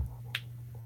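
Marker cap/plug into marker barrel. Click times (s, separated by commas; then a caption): 0.4 s. The plastic cap part of a paint marker is screwed all the way back into its plastic barrel until it pops, over a steady low hum. A single sharp pop sounds at 0.4 s, and a much fainter tick follows near the end. The cap is seated home in the barrel.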